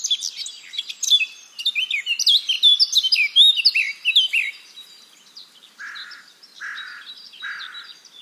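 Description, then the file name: Eurasian blackcap song: a fast run of varied warbled and whistled notes high in pitch, followed by three softer, lower notes spaced under a second apart. "Sylvia atricapilla"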